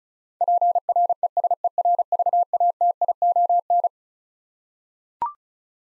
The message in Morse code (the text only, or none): PRESERVATION